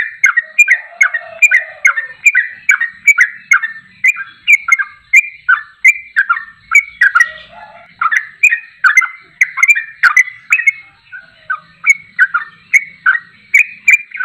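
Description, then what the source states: Yellow-vented bulbul delivering a long stream of jaunty whistled notes, bubbling and slurred, kept up at a brisk, even pace. Champion (juara) bird singing in tembakan style, used as masteran training audio.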